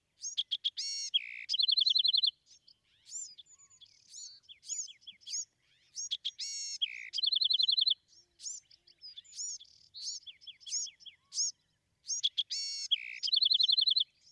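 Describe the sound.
Bewick's wren song repeated about every six seconds: rasping buzzes and a rapid trill, with downslurred whistled notes filling the gaps.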